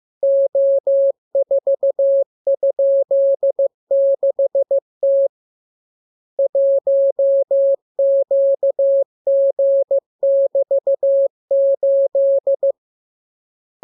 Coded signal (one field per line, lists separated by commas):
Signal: Morse code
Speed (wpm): 15 wpm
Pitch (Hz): 550 Hz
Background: none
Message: O4?6T 1QG<BT>8